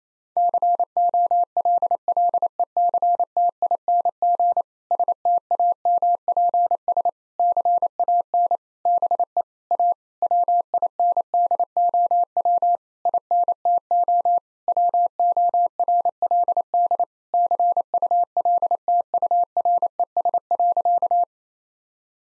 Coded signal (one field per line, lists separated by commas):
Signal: Morse code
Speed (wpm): 28 wpm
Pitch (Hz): 700 Hz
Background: none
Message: COLLECTING STAMPS CAN BE A WINDOW INTO WORLD CULTURES.